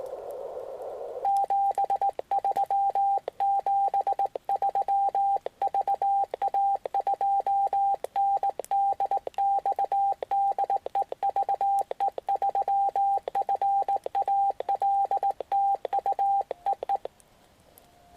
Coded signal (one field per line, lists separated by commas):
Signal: Morse code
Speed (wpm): 18 wpm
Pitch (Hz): 790 Hz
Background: radio noise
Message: 73 73 VA2NDX DE VE3FAL TU EE